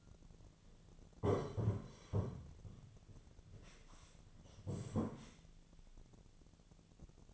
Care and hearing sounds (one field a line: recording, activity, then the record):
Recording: daily activity, microphone in the room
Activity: sit down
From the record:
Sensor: 4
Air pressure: 1009.0 hPa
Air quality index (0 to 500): 170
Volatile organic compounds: 5 ppm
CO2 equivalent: 1707 ppm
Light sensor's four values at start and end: 23/74/28/27 and 24/74/28/27